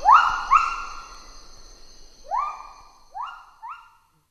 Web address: lar gibbon